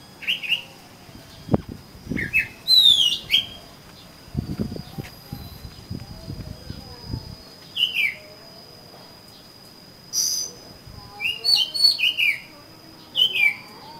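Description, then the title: Oriental magpie-robin singing scattered phrases of quick downslurred whistles, separated by pauses, with a burst of low rattling clatter midway and a constant high tone behind. "Kacer Kacer"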